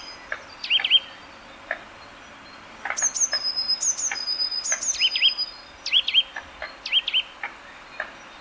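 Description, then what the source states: Eurasian nuthatch making varied curving whistled notes mixed with high thin calls and sharp clicks, irregular, over a steady background hiss. Subspecies caesia.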